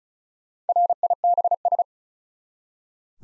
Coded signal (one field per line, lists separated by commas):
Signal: Morse code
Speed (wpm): 36 wpm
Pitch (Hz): 700 Hz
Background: none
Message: RIBS